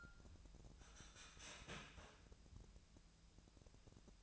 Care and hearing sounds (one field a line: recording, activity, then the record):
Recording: daily activity, microphone in the room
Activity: start toaster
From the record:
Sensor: 2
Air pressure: 1000.0 hPa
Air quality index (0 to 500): 151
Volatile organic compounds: 2 ppm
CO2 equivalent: 1279 ppm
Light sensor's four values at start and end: 26/64/27/30 and 26/64/27/30